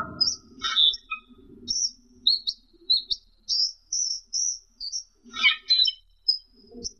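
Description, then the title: Asian glossy starling song of thin high whistles and squeaky chirps, some notes sliding, spaced by short gaps over a faint low rumble. "Suara Burung Cucak keling"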